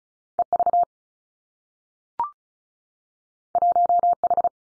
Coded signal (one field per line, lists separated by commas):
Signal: Morse code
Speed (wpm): 36 wpm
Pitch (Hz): 700 Hz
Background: none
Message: E V 1 H